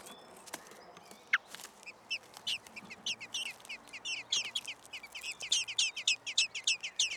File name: Turdus merula